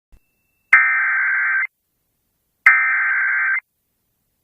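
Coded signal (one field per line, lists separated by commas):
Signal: Emergency Alert System (SAME) tones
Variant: header bursts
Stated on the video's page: Personally captured real flash flood alerts.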